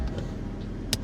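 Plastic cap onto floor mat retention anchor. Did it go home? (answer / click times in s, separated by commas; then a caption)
yes / 0.9 s. A plastic cap is pressed back onto a floor mat retention anchor in an 11th gen Honda Civic (2022-2026), after the anchor has been twisted to its vertical locked position. Over a low, steady background rumble, a single short, sharp snap sounds at 0.9 s as the cap seats.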